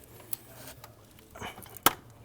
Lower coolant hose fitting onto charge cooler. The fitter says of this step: Make sure you hear that audible click.